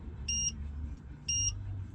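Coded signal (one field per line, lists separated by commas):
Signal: beep code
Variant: Autowatch Ghost 2 immobiliser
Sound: two short high beeps a second apart, a third possibly cut off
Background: car interior rumble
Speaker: 1, 2, 3, 4. It will now give me 3 beeps to acknowledge.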